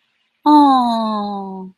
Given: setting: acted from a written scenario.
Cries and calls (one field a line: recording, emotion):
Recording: vocal sound without words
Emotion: adoration